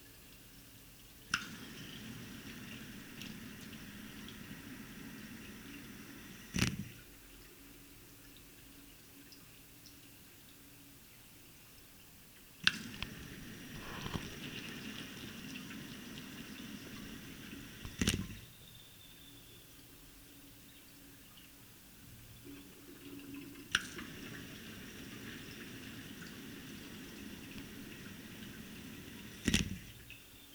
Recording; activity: daily activity, guitar pickup as the sensor; flush